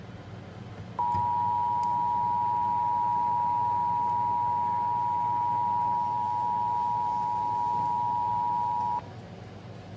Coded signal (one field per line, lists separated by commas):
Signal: Emergency Alert System (SAME) tones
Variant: 853 and 960 Hz attention tone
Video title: EAS #34 - Severe Thunderstorm Warning on (WX Radio/TV)